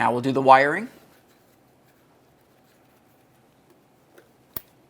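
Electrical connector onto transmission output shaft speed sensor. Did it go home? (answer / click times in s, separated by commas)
yes / 4.6 s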